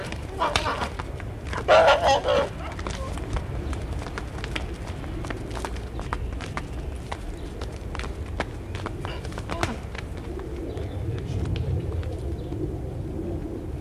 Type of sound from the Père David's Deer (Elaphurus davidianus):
rut call